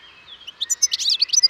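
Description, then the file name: European goldfinch call: a brief, fast run of sharp, high twittering notes. "Carduelis carduelis"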